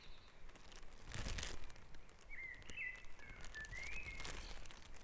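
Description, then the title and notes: Bird song: a short, clear whistled phrase with rising and falling notes, after a burst of rustling noise, over a low hum. Dawn chorus at Back Dragon Avenue, Harrogate. "Dawn Chorus // Back Dragon Avenue, Harrogate. Sound Map Of Harrogate"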